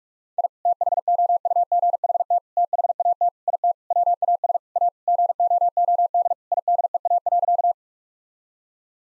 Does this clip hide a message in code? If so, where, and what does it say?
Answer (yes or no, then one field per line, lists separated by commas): yes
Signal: Morse code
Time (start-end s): 0.4-7.7 s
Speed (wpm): 46 wpm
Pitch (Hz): 700 Hz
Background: none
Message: I THOUGHT THAT IT WAS A GOOD IDEA.